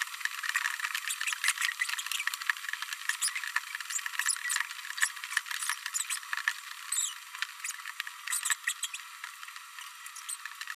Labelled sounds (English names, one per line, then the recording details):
Green-rumped Parrotlet babbling
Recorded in a nest box in Venezuela
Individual 18B104A3